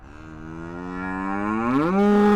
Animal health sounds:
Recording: contact call of a hoofed animal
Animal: cattle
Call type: low-frequency (closed-mouth) or high-frequency (open-mouth) call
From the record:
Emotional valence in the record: negative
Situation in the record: full separation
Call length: 2.4 s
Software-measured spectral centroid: 1270 Hz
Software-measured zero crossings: 1140 a second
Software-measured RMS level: -22 dBFS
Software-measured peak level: -12 dBFS

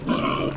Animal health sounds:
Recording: contact call of a hoofed animal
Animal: wild boar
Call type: grunt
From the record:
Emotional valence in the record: negative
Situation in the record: naturally occurring agonistic interactions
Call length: 0.57 s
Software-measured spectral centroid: 1610 Hz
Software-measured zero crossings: 1550 a second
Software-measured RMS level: -24 dBFS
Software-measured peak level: -10 dBFS

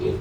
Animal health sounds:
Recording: contact call of a hoofed animal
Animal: pig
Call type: closed-mouth grunt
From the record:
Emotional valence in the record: positive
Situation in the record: food and toys in familiar pen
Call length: 0.20 s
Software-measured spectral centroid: 1410 Hz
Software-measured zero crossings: 780 a second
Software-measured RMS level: -24 dBFS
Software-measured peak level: -14 dBFS

